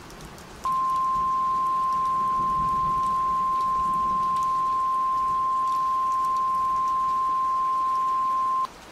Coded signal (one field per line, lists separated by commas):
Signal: Emergency Alert System (SAME) tones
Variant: 1050 Hz attention tone